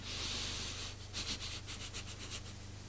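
sniffing through the nose

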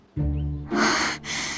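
panting

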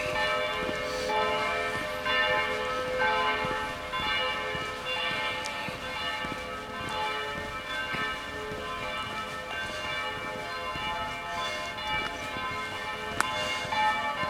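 church bells ringing

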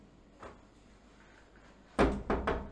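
knocking on a door

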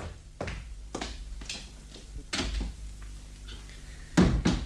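door being opened

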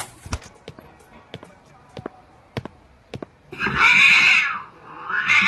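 cat meowing

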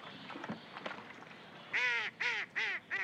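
ducks quacking

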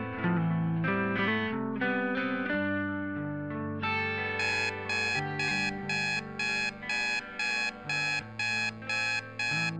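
alarm clock ringing

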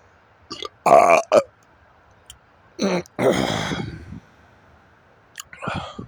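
hiccups

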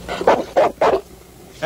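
small dog barking

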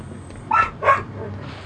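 dog barking

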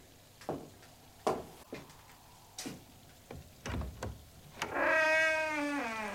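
cat meowing

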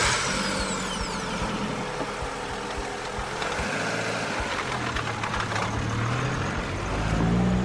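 car driving

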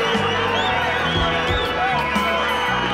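concert crowd cheering

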